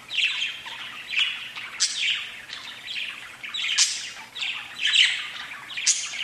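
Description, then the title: Budgerigar warbling, buzzy chirps in quick bursts with occasional bright high squeaks throughout. "Budgie Sounds"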